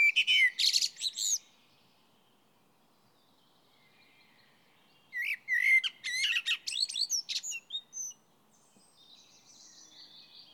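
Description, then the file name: Common blackbird calling in two bursts of harsh, chattering high notes, one at the start and a longer run of sharp clucks and squeaks midway, with quiet gaps between. "Turdus merula"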